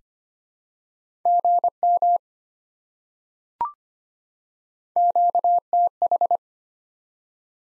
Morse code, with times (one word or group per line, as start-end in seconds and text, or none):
1.3-2.2 GM
5.0-6.4 QTH